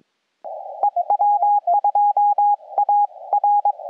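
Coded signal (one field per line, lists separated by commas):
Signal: Morse code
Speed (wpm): 22 wpm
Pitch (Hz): 820 Hz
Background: none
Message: EW2A R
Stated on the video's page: CW POTA park activation with an FT-891 and linked dipole, working a North America DX pile-up, with fading.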